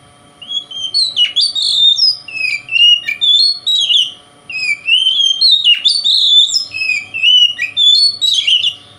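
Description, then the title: Oriental magpie-robin in continuous song, a flowing series of sweet whistled notes, sliding up and down, with scratchy accents between phrases. Bird called kacer, shown singing vigorously in a way said to provoke other kacer birds. "Kacer Konslet Bikin Kacer Lain"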